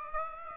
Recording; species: mosquito wingbeat signal from an infrared sensor; Aedes aegypti